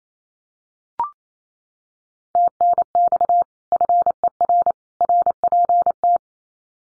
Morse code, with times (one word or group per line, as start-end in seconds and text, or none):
2.4-3.4 TNX
3.7-4.7 FER
5.0-6.2 RPT